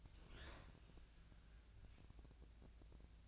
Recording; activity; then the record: daily activity, microphone in the room; open fridge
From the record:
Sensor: 2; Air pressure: 999.9 hPa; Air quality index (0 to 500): 123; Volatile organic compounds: 2 ppm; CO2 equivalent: 1057 ppm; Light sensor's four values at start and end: 25/62/26/29 and 25/62/26/29